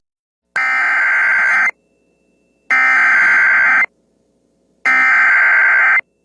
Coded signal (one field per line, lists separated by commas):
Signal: Emergency Alert System (SAME) tones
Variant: header bursts